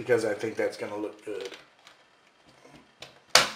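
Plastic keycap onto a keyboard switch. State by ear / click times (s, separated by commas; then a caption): seated / 3.3 s. Someone talks, then an interchangeable plastic replacement keycap is pressed onto a switch of a Genius KB-G265 gaming keyboard. After a few faint ticks, it snaps into place with a sharp, loud click at 3.4 seconds, seating firmly.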